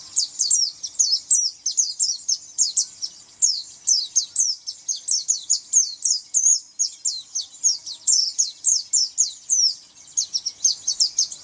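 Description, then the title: White-eye delivering a long, lively stream of high, clipped chirps in rapid rhythmic groups, barely pausing. "Pleci"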